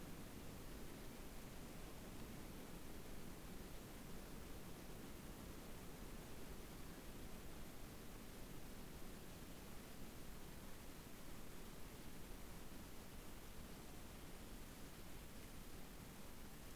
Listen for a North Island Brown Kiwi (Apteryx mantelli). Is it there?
no